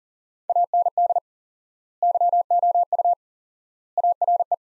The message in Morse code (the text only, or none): AND YOU ARE